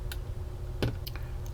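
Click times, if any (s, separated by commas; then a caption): 0.8 s. A left plastic corner light piece is pushed into a scale model car body with its tabs lined up to the holes, giving a few light ticks and a clear snap at 0.8 s. The piece snaps in and is confirmed seated.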